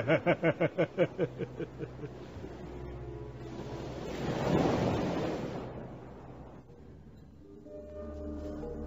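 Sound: sea waves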